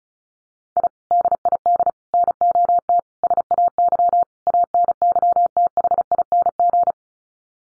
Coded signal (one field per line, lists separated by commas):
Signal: Morse code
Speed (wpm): 34 wpm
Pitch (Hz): 700 Hz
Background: none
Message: I DID NOT SAY ANYTHING